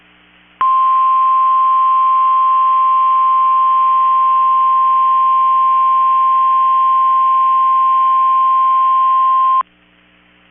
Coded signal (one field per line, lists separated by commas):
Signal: Emergency Alert System (SAME) tones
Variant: 1050 Hz attention tone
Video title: 12/13/23 - KEC65 Required Weekly Test (EAS #952)